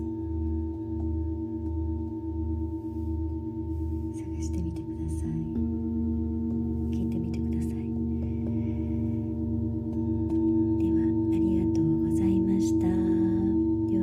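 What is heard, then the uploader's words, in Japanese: A singing bowl rings with a steady, layered low hum and pulsing overtones, joined by faint clicks and murmurs, growing slightly louder near the end. メキシコから シンギングボウルのサウンドヒーリング ライブ。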